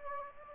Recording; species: mosquito wingbeat signal from an infrared sensor; Anopheles gambiae